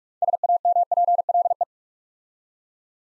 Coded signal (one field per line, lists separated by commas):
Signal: Morse code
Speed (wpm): 44 wpm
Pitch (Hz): 700 Hz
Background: none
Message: SAMPLE